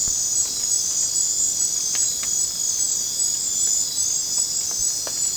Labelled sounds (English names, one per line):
none